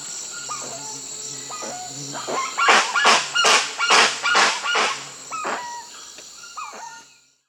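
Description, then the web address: Spix's guan giving a burst of about six loud, harsh honking calls in quick succession, among thinner whistles. Recorded in Peru. "Birds of the Amazon. Spix's Guan (Penelope jacquacu), Peru"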